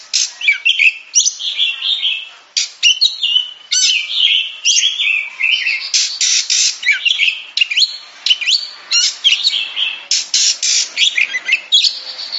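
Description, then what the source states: Oriental magpie-robin in full song, a fast varied medley of chirps, rasping bursts and sweet rising and falling whistles, nearly unbroken throughout. Champion songbird.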